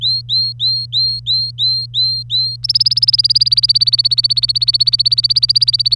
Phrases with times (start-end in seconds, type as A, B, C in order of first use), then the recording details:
0.01-2.56 A, 2.63-5.96 B. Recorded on 25 April 2018 at 09:35. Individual llb3